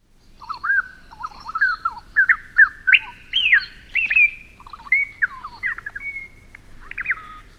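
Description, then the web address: Bird giving a lively run of squeaky chirps and slurred, warbling notes that rise and fall in pitch, continuing with short breaks. "sound-effects animals birds"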